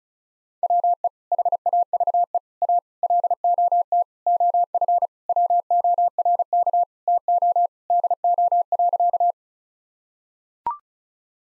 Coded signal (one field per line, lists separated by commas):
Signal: Morse code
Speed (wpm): 34 wpm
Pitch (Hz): 700 Hz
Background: none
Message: WE HAVE A LOT OF WORK TO DO.